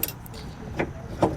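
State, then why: Not seated. A spring-loaded lock pin on the removable steel arm of a Blue Ox tow bar base plate, at the base plate receiver on the front of a 2019 Buick Envision, is pulled back and rotated. Short metallic clicks and clunks are heard near 0.0, 0.8 and 1.2 seconds. The clip ends before the part goes home, and nothing has seated yet.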